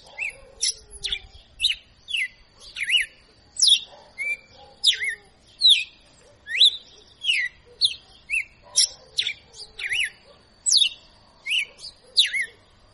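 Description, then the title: Red-cowled cardinal song: a fast, steady run of bright whistled and slurred notes repeated roughly twice a second for the whole stretch. Female; a tutor bird ('professor') singing intensely ('açoitando'). "Canto Galo Campina Fêmea 02. Galo de Campina Professor Açoitando"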